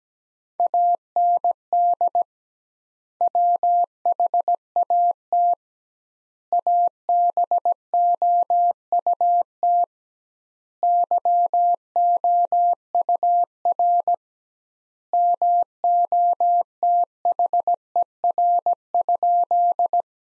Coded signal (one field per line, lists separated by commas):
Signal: Morse code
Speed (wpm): 17 wpm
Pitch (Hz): 700 Hz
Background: none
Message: AND WHAT ABOUT YOUR MOTHER?